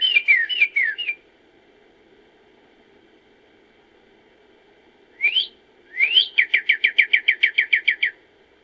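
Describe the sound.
Bird calls: a few slurred whistled notes, a pause of several seconds, then a rising note followed by a rapid trill of repeated descending whistles.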